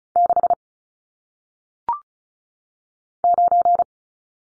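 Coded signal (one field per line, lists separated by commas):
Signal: Morse code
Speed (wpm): 36 wpm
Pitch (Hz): 700 Hz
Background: none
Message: 6 9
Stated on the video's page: Morse code head-copy drill of single-digit numbers at 35 wpm, each sent twice around a spoken answer.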